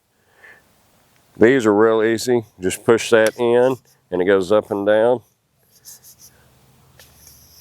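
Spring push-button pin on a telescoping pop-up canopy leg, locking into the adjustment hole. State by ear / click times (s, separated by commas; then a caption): not seated / none. Someone talks while handling the spring push-button pin on the telescoping metal leg of a COBIZI 10x10 pop-up outdoor canopy, pressing it to slide the leg up and down toward the next height adjustment hole. Faint knocks and rustles of handling are heard between and after the talking. Nothing has snapped into the hole yet.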